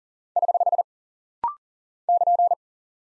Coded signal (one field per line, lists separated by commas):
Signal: Morse code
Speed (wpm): 40 wpm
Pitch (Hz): 700 Hz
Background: none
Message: <HH> <KN>